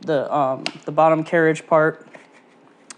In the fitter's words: boom set in between screw nice click there you go you got your attachment set up